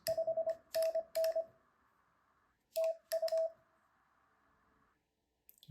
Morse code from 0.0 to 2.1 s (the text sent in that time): 5NN